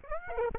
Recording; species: mosquito wingbeat signal from an infrared sensor; Aedes aegypti